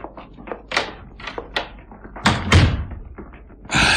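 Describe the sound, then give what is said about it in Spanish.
A door is pushed closed: a series of short clicks and scuffs, then a heavy, low thump as it shuts, followed by a burst of steady hiss. “Cerraré la puerta.”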